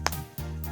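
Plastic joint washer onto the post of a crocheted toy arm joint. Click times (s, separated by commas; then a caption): 0.1 s. A plastic safety-joint washer is pushed down over the plastic post of a crocheted arm joint on a stuffed toy. A sharp, very short snap at 0.1 s stands out over steady background music. The washer snaps into place and is seated.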